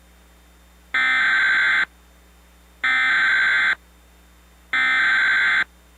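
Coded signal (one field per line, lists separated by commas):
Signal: Emergency Alert System (SAME) tones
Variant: header bursts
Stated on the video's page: Fictional EAS short using valid tones.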